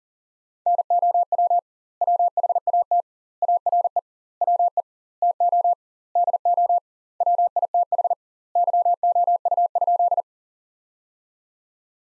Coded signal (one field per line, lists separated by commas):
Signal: Morse code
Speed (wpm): 40 wpm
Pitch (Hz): 700 Hz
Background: none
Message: NOW WHAT ARE WE TO DO WITH YOU?